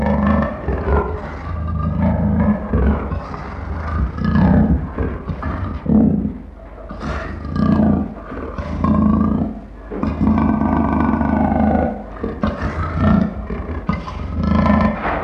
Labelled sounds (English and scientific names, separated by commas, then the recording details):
Leopard (Panthera pardus)
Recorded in captivity
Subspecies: delacouri
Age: adult
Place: Tierpark Berlin, Berlin, DE
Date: 1963-11-09 17:00
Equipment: Minifon, Kopie BG 26/1
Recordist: Tembrock, Günter
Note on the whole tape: Malaya-Leopard: knurrend-gurrende Laute, Wälzen am Gitter vor Beobachter, auch Fauchen. Abstand: 2 m